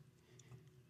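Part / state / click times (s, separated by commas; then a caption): wiring harness plug into air compressor connector / not seated / none. The wiring harness plug for a second Airlift air compressor is handled at the compressor connector, with faint ticks and light rustling over a steady low hum and a brief soft high-pitched tick around 0.4 s. The plug has not seated or clicked in yet.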